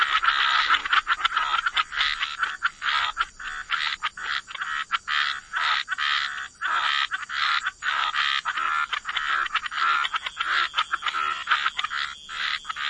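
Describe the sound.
Frogs calling in a chorus of rapid, chuckling croaks in irregular bursts, with a constant high hiss underneath.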